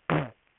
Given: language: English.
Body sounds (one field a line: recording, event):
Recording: throat vibration sensor signal played as sound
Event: throat clearing